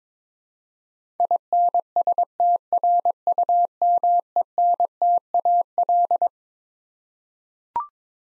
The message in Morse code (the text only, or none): INSTRUMENTAL